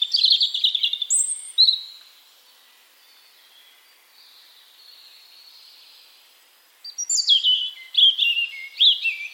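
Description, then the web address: European robin song: a high trilling phrase with a few thin whistles, a long pause, then a fresh run of descending warbled notes and trills. "Deverinetal 2025 File origin Bird Only Er Ru"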